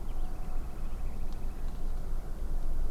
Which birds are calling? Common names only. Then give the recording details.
Common Nightingale. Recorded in France